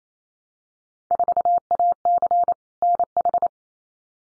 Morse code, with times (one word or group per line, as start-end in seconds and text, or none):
1.1-2.5 4AC
2.8-3.5 NH